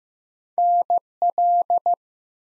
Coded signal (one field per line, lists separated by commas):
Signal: Morse code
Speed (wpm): 15 wpm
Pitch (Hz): 700 Hz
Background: none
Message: NL